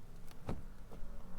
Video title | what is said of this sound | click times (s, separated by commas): RV Life- Huge Upgrade For Our 2016 Ram 1500 Rebel. Edge Pulsar Inline Tuning Module Install & Review | Oh yeah, I heard the clicks. | 0.3 s, 0.5 s